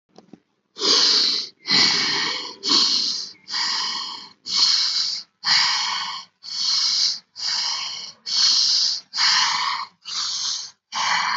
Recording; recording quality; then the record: deep breathing; excellent, no background noise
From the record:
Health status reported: healthy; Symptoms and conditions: none ticked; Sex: male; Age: 43 years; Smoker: not ticked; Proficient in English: yes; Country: India